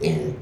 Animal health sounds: contact call of a hoofed animal; pig; closed-mouth grunt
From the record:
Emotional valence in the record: negative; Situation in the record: short social isolation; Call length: 0.42 s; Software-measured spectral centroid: 2130 Hz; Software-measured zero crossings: 840 a second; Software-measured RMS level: -24 dBFS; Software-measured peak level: -10 dBFS

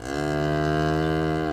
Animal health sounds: contact call of a hoofed animal; cattle; low-frequency (closed-mouth) or high-frequency (open-mouth) call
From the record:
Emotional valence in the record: negative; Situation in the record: full separation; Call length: 1.54 s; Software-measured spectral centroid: 1820 Hz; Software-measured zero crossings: 1180 a second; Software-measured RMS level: -24 dBFS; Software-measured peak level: -14 dBFS

